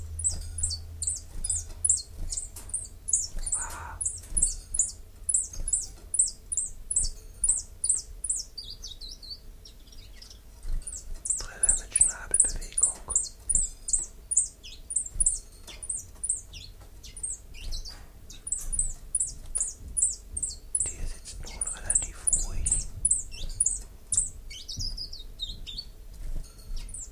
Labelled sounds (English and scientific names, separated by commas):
Common Chiffchaff (Phylloscopus collybita)